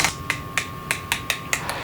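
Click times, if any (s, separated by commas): 0.3 s, 0.6 s, 0.9 s, 1.1 s, 1.5 s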